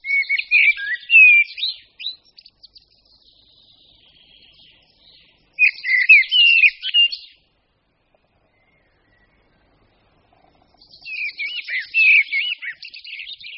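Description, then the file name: Common blackbird song: three rich, fluty warbled phrases, each ending in a higher squeaky twitter, separated by pauses of several seconds in quiet surroundings. "Kos-černý"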